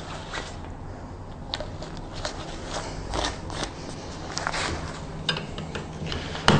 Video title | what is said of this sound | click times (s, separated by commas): Baby Accessories to Buy Part 2 | Snap that in there. | 5.3 s, 6.5 s